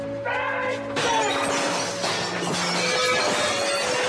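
The ground-floor window glass of a small villa is smashed with a sudden loud crash about a second in, followed by a sustained rush of shattering and tinkling shards over a low steady hum.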